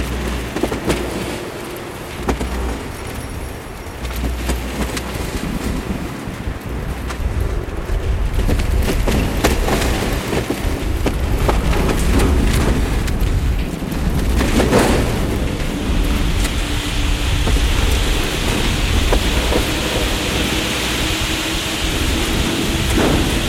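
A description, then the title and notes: Wind roars steadily through the whole recording, a heavy low rumble that swells and eases in gusts, with a hiss on top that grows brighter after about fifteen seconds. Short knocks and bangs break through now and then, the sharpest near fifteen seconds. The Green House is made of polycarbonate. Makes interesting banging noises when it's windy.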